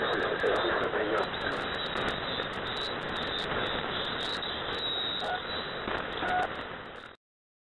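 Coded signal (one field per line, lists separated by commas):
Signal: coded military voice message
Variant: The Pip, Russian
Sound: faint Russian male voice reading a message through heavy shortwave hiss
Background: radio static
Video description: "The Pip" is a Russian military radiostation that broadcasts on 5448 kHz at daytie and 3756 kHz at nighttime.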